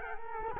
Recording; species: mosquito wingbeat signal from an infrared sensor; Culex quinquefasciatus